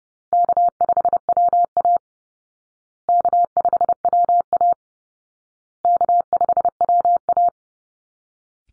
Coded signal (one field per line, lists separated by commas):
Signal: Morse code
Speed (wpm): 30 wpm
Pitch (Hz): 700 Hz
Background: none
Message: K5WA K5WA K5WA